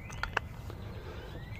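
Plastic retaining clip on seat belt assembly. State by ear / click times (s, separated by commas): seated / 0.2 s, 0.4 s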